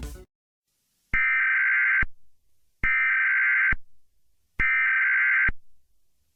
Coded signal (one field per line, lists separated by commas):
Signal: Emergency Alert System (SAME) tones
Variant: header bursts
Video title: EAS 2 gulf coast hyper- tsunami